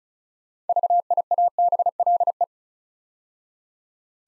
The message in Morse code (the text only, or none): VIABLE